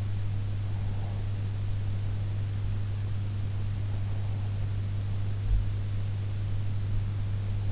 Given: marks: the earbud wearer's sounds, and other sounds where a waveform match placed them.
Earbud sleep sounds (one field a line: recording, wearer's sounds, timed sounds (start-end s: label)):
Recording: sounds in sleep by an in-ear microphone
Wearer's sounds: breath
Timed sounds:
0.70-1.44 s: breath